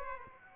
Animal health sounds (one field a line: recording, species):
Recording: mosquito wingbeat signal from an infrared sensor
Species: Aedes aegypti